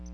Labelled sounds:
Palm Warbler (Setophaga palmarum) flight call

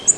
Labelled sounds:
Black-throated Green Warbler (Setophaga virens) flight call

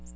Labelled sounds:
Ovenbird (Seiurus aurocapilla) flight call

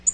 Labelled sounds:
Tennessee Warbler (Leiothlypis peregrina) flight call

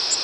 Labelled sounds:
Tennessee Warbler (Leiothlypis peregrina) flight call

